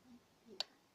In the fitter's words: ke atas ini kita Pasin nih di atas Sampai bunyi klik